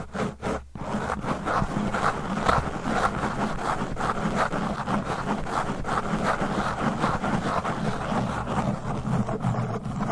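Fast, aggressive scratching and rubbing on a microphone, a dense, coarse scraping that runs almost without pause for the whole ten seconds. A couple of sharp dropouts interrupt the first second, then the rough texture stays steady and loud, with a low rumble underneath.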